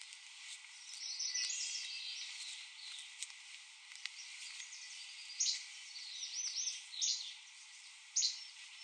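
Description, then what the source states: Least flycatcher song: a few short, sharp 'che-bek' notes in a loose series over steady hiss. Recording of 26 songs, made on 2019-06-13.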